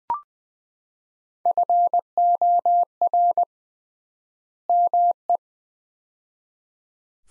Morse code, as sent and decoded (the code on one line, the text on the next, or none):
..-. --- .-. / -- .
FOR ME